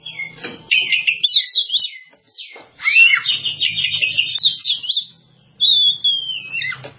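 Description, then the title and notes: Bird producing scratchy chattering phrases and a long descending whistle, delivered in three bursts separated by brief silences. "Bird Sound. Kicau Burung Lengkap"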